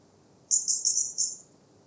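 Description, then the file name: European robin uttering a single quick series of four high, thin notes, run closely together. "Erithacus rubecula"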